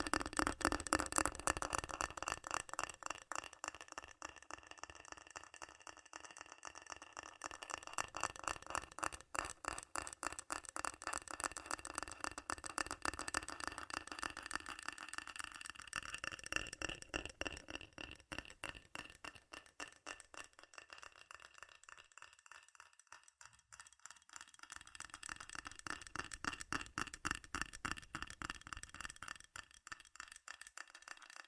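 Fast, furious tapping on metal, a dense, rapid rattle of bright clicks running nonstop for the whole stretch, with slight swells in loudness.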